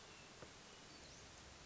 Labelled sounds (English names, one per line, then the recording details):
Hermit Thrush
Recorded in Sonoma County, California